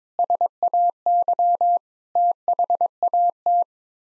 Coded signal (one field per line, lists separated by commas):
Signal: Morse code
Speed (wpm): 22 wpm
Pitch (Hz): 700 Hz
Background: none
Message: SAY THAT